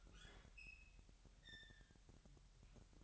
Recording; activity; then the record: daily activity, microphone in the room; open fridge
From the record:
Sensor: 3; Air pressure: 1001.9 hPa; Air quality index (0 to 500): 241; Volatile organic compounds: 46 ppm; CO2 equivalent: 3240 ppm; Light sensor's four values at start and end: 12/37/16/13 and 12/37/16/13